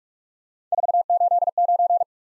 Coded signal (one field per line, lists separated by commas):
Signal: Morse code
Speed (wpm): 45 wpm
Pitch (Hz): 700 Hz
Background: none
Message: 489